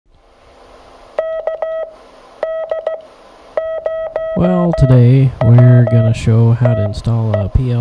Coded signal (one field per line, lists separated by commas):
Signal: Morse code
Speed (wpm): 16 wpm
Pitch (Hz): 640 Hz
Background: speech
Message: KD0WTE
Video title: Superior PL-259 installation SHORT Quick and Easy LMR-400